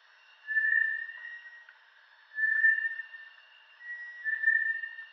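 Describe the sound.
Bartlett's tinamou giving three long, even whistles, each lasting about a second, separated by short pauses.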